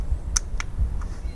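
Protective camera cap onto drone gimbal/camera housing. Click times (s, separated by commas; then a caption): 0.4 s, 0.6 s. A plastic protective cap is pushed back over the camera and gimbal of a UARS drone, its small latches engaging with a slightly awkward fit. Two sharp clicks sound at 0.4 s and 0.6 s, followed by a fainter tick near 1.0 s over a low background rumble. The cap is seated in place.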